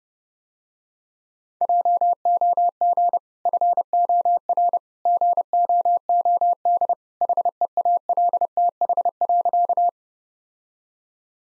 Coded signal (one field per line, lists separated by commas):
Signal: Morse code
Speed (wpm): 30 wpm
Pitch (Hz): 700 Hz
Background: none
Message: JOG FOR GOOD HEALTH.